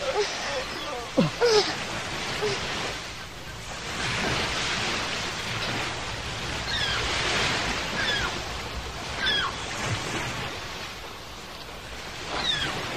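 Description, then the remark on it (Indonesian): Large ocean waves roar and crash onto the shore in a continuous wash of surf, swelling and receding in loud surges, with brief faint higher cries scattered over the rumble. “Ombak yang besar membawa Pinocchio dan Geppetto dan menghempaskannya ke pantai.”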